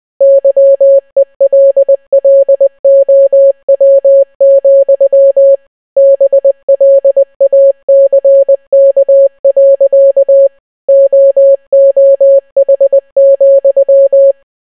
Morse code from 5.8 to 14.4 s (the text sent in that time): BLACK. OOH,